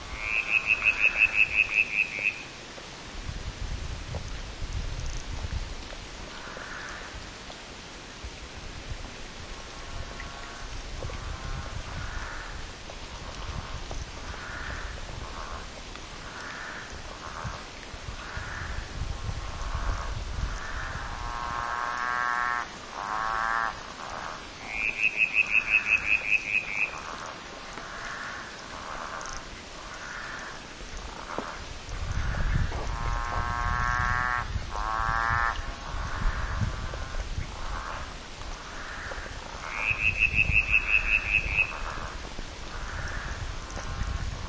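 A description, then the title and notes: Frogs call in overlapping bouts of rapid pulsed croaks, with a sharp high trilling chirp repeating near the start, around 25 seconds and 40 seconds. Green and Golden Bell frog & Whistling Tree frog. Litoria aurea Litoria ewingii.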